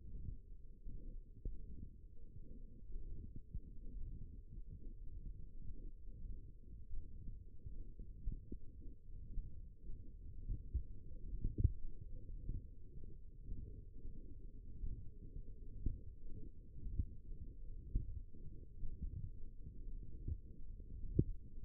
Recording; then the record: forearm muscle sounds (acoustic myography)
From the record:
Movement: hand closing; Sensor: system 1, eight BSWA MPA416 microphones around the upper forearm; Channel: 2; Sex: female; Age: 21 years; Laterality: right